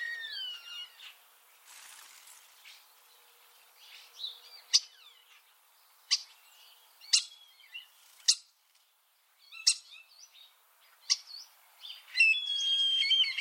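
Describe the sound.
Eurasian starling song: a varied run of sliding whistles, sharp clicks and short chatters, louder clicks repeated at short intervals, ending in a dense warbled burst.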